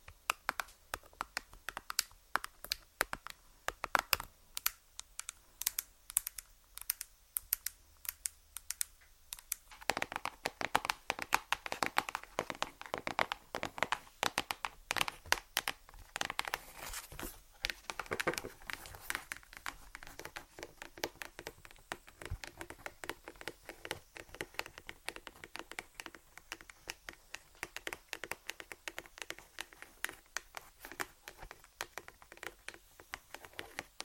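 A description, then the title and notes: Tapping on random objects, quick dense clicks and knocks in irregular bursts, brighter and busier after ten seconds, continuing unevenly throughout. ASMR Tapping On Random Objects. (Long Nails).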